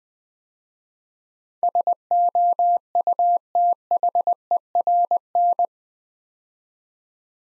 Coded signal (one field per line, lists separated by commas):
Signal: Morse code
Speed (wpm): 20 wpm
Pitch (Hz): 700 Hz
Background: none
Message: SOUTHERN